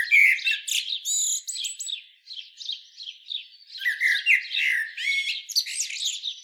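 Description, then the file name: Common blackbird singing a dense mix of fluty notes and high, squeaky twitters. "Turdus merula"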